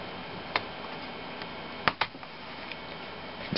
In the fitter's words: it will go on just exactly the same way it came off snap